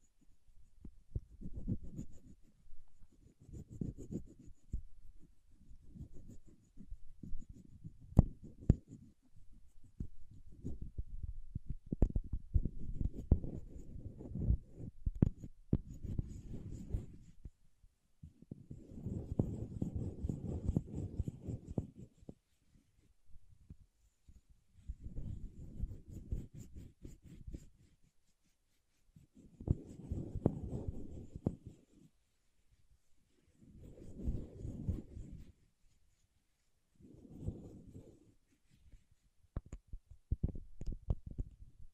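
Paraffin wax being scratched, peeled and tapped, in bursts of dense crackly scraping with short pauses between them. Sharp taps and clicks land throughout, and longer scratching passages come around 19–22 and 30–32 seconds, with a faint high whine above.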